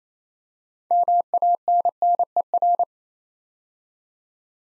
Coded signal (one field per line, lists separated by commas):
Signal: Morse code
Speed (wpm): 28 wpm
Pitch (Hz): 700 Hz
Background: none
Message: MANNER